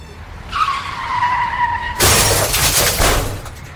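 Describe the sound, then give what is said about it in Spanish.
A car's tires give a sustained high screech lasting over a second, then a sudden loud crash of crunching metal and shattering glass that rattles on before fading. “¡Mira lo que has hecho! ¡Nos has estrellado!”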